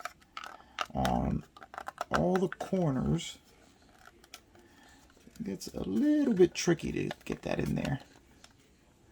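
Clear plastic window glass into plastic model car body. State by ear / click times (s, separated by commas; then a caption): not seated / none. Someone talks while pressing a clear plastic window glass piece into the body opening of a plastic Revell Corvette C7R scale model car, with small clicks and taps of plastic handling between the words. Nothing has seated or clicked into place yet.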